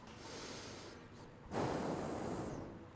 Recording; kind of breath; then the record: one breath in and out by a microphone near the nose and mouth; normal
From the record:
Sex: male